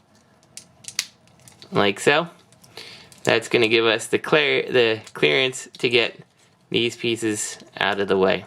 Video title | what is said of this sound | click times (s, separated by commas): MASTERPIECE MP-45 BUMBLEBEE 2.0 | should get that extra little click like | 1.0 s